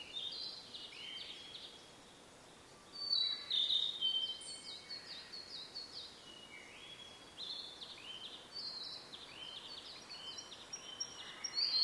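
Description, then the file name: Blue-and-white flycatcher song, quiet high whistled phrases with flat and falling notes, one clearer burst in the middle, over background hiss. "oruri"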